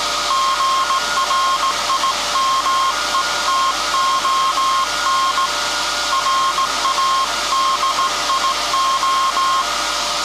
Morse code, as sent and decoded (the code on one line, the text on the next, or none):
--. .-. .. -- . - --- -. / .-. .- -.. .. ---
GRIMETON RADIO